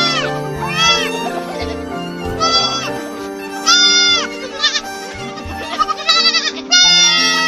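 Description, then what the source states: Sheep giving several quavering bleats, some long and some short, over a continuous layered tonal drone. Sheep in a natural setting.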